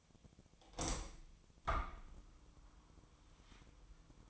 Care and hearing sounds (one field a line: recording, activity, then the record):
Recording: daily activity, microphone in the room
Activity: open window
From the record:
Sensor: 1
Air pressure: 1004.6 hPa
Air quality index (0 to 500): 120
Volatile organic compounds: 4 ppm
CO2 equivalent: 1657 ppm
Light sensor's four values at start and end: 8/21/8/9 and 9/21/8/9